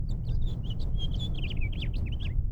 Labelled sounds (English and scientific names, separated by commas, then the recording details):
House Finch (Haemorhous mexicanus) song
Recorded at Oceanside on Long Island, New York, on 17 June 1975
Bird E